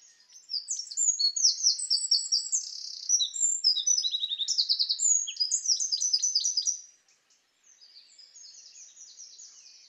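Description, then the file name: Eurasian wren delivering a long, loud burst of high trills and chattering notes lasting about six seconds, then a fainter stretch of similar song follows. "Troglodytes troglodytes"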